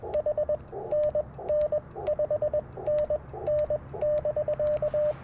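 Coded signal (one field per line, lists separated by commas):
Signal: Morse code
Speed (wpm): 21 wpm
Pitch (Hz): 590 Hz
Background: radio noise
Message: H NN 5NN <BK>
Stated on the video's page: QRP CW Parks on the Air activation sent with Bamatech TP-III paddles, Icom IC-705 and AlexLoop magnetic loop antenna.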